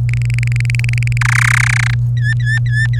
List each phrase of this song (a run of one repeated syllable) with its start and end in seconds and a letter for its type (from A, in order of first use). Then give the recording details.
0.09-1.18 A, 1.21-1.94 B, 2.17-2.99 C. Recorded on 26 April 2018 at 16:22. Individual llb3